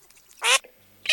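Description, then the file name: Eurasian teal giving two short, harsh nasal calls, the second cut off at the end. Recording used as a hunting lure. "Чирок-свистунок Alzavola"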